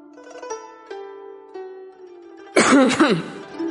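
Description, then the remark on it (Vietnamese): Sustained melodic notes play softly, then a single sharp, dry cough bursts out loudly, briefly cutting over the music before it settles back. “Bao Chẩn bất đắc dĩ ho khan một tiếng.”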